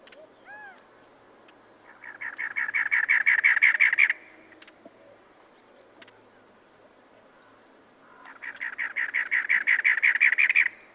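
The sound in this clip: Cactus wren song in two bouts of rapid, raspy churring notes, each lasting two to three seconds, separated by a pause.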